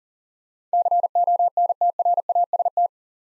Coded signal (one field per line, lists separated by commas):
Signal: Morse code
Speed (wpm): 40 wpm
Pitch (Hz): 700 Hz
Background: none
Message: CONTRAST